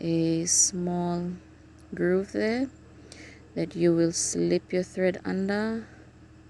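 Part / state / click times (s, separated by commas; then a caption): bobbin thread into bobbin case tension groove / not seated / none. Thread from a bobbin is being guided toward the small groove under the tension spring of a sewing machine's bobbin case while someone talks. The thread has not locked into the groove yet, and nothing has seated or clicked in this clip.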